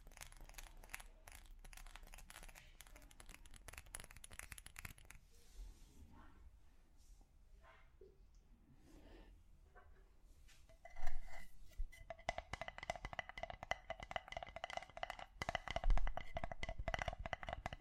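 Tapping on different objects, with quick dense clicks and clatters filling the first five seconds, then a quieter stretch of softer scraping and rustling. From about 11 seconds the taps return, rapid and bright, with sharp louder knocks near 11 and 16 seconds.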